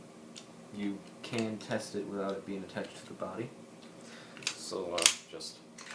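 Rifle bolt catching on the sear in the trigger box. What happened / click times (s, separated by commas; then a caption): Handled, not yet home: bolt catches on sear with a click / none. An MK96 airsoft sniper rifle trigger box, removed from the stock, is handled as its bolt is pulled back to test whether the sear catches it. Someone talks over a few light mechanical handling noises, including a sharper one around 4.5 s. Nothing has seated or clicked yet.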